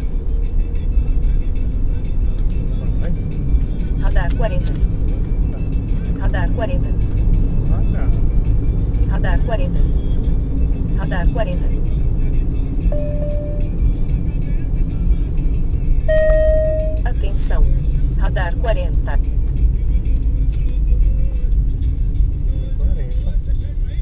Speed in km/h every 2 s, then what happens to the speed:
47, 56, 58, 60, 59, 58, 55, 52, 49, 45, 39, 31.
0-3 speeds up to 58. 3-9 steady at about 59. 9-24 slows to 31.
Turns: none.